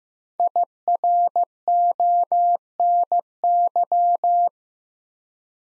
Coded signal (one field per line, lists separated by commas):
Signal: Morse code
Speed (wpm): 15 wpm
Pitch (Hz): 700 Hz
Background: none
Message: IRONY